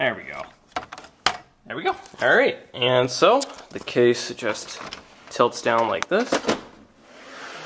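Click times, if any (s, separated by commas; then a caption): none. Someone talks while the hinged upper half of a Dell Optiplex GX260 small-form-factor desktop PC case is handled and tilted down toward the chassis, with a few short knocks around 0.8 to 1.3 seconds, the sharpest at 1.3 seconds. The lid is not yet pressed closed, and nothing has seated or latched by the end of the clip.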